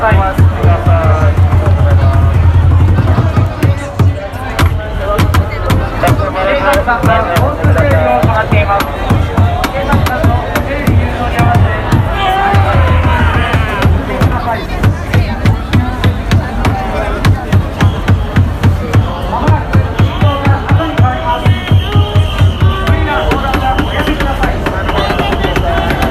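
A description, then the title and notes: A dense Halloween crowd in Shibuya talks and calls out without pause, voices overlapping into steady babble with a low rumble underneath. Recorded of the sounds, noises and atmosphere at Shibuya Halloween Crowd 2021.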